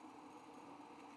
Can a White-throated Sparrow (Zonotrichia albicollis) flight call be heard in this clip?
no